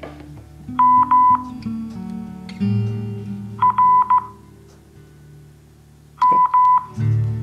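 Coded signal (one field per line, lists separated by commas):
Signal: Morse code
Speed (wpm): 15 wpm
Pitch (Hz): 1000 Hz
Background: music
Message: M R M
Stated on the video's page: Morse learning practice: QSO practice at 5 WPM with 15 WPM Farnsworth timing.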